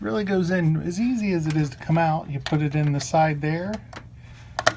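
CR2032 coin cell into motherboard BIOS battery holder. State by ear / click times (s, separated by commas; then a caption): seated / 4.6 s, 4.7 s. A new CR2032 coin cell is slid in at the side of a motherboard BIOS battery holder and pushed down while someone talks. The metal retaining clip snaps over it with two sharp clicks at 4.6 and 4.7 seconds, and the battery is seated.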